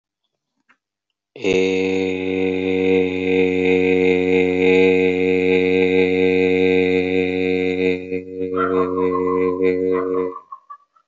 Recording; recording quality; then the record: sustained vowel as in made; excellent, no background noise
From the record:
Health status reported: healthy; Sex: male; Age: 24 years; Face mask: not worn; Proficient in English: yes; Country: India